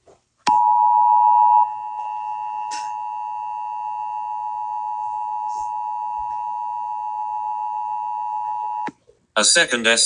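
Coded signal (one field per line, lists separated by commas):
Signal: Emergency Alert System (SAME) tones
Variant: 853 and 960 Hz attention tone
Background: speech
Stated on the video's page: Fictional EAS scenario themed on an SCP creature, not a real alert.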